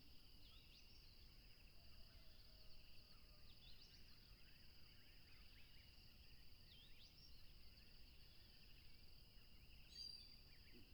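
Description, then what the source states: Crickets give a continuous, steady high trill throughout, with scattered whistled bird chirps and a faint low rumble underneath. Tropical river setting, with a plane passing.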